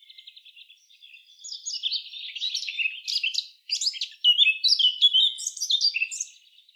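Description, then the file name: Eurasian blackcap song: quiet chattering notes that swell into loud, fluty, fast-changing warbled phrases with brief pauses. "Sylvia atricapilla"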